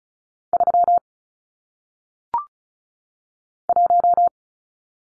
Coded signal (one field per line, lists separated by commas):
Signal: Morse code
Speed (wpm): 36 wpm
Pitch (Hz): 700 Hz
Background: none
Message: 3 1